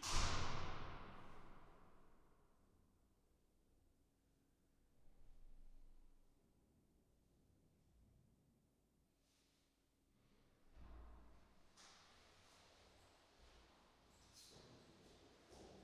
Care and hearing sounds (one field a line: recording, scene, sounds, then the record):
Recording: everyday scene through a hearing-aid microphone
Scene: reverberant space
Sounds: background noise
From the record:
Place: staircase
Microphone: in the ear canal, right